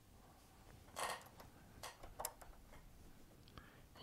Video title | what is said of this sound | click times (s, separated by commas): Embellishing with Decorative Cording on the Baby Lock Sashiko | we'll get that clicked right into place there and | 2.2 s